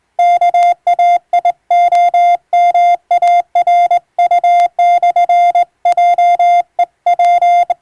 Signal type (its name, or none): Morse code